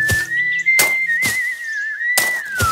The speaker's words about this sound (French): Un soir, le maître envoya son ora au bout de la lande pour récolter toute la mousse qui avait poussé là-bas. Voulant bien faire ce que son maître lui avait commandé, l'ora fit ce qu'il devait faire et travailla en sifflotant.